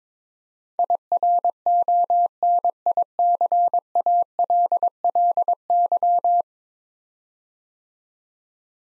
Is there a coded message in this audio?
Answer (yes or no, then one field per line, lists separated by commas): yes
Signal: Morse code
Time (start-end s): 0.8-6.4 s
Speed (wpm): 23 wpm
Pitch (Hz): 700 Hz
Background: none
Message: IRONICALLY